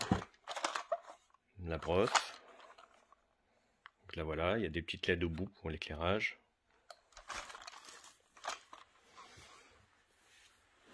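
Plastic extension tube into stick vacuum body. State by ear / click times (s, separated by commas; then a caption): not seated / none. A plastic extension tube is handled near the body of a Moulinex X-Pert 160 cordless stick vacuum while someone talks, with small plastic knocks and rustles between the speech. The clip ends before the tube goes home, so nothing has seated or clicked yet.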